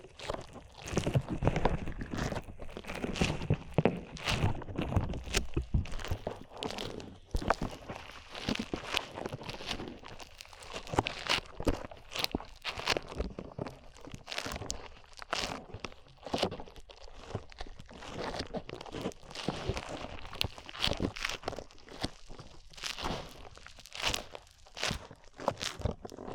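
Slime being squished and pulled, a dense run of wet crackles, pops and crinkly snaps that keep going unevenly for the whole stretch.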